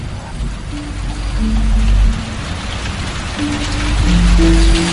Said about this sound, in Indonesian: Cukup tenang, sepi, dan sunyi. Yang ada hanya suara rintik hujan dari atas genting-genting rumah.